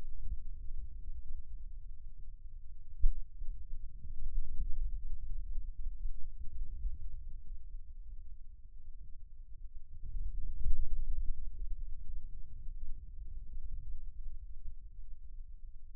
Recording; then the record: forearm muscle sounds (acoustic myography)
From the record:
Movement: hand closing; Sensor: system 2, bracelet of six BSWA MPA416 microphones around the upper forearm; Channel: 1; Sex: male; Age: 22 years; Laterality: right